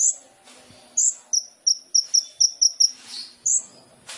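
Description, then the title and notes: Sunbird song of sharp high chips in a quick series, with occasional slurred whistled notes. Indonesian masteran training recording for songbirds; song with fills (isian) and shots (tembakan), described as gacor and suited as a lure (pancingan). "MASTERAN KOLIBRI NINJA FULL ISIAN DAN TEMBAKAN COCOK BUAT PANCINGAN. Suara Burung Kolibri Ninja Gacor"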